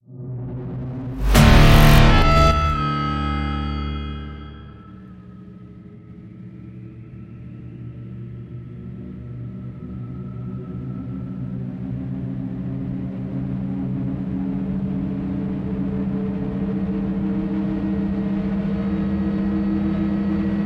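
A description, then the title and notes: A loud, bright metallic strike like a gong lands near the two-second mark and rings out. Low, trembling sustained tones then settle in and slowly build, growing fuller and louder through to the end in a tense crescendo. Trembling sustained tones grow into a tense crescendo.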